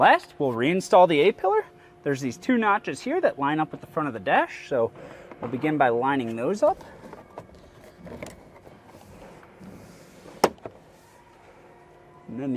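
A plastic A-pillar trim panel is reinstalled into the cab pillar of a 2003-2009 3rd Gen RAM 1500/2500/3500 truck while someone talks. Its two notches are lined up with the front of the dash, and the panel is pushed in. After some faint handling noises, a sharp, loud snap at 10.4 s marks the panel seating into place.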